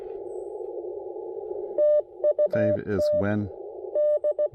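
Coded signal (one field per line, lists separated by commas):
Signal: Morse code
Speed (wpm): 17 wpm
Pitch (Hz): 590 Hz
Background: speech, radio noise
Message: TU TD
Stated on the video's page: QRP park activation with CW on 20 m and 30 m.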